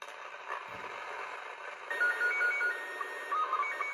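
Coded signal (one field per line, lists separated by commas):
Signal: SSTV (slow-scan television)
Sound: quick rising and falling beeps, a steady whistle with a click, then fast low chirps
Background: radio static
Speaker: he is saying thank you for the 73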